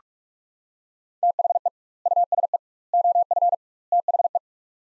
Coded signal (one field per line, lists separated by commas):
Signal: Morse code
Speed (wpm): 47 wpm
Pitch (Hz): 700 Hz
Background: none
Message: THE USE OF THE